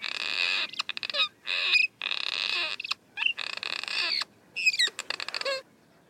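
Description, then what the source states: Cliff swallow chatter, grating, squeaky buzzes broken by clicks and short slurred squeaks, in rapid uneven bursts. Colonial birds chattering and singing at the entrance of their mud nest; recorded with a parabolic microphone.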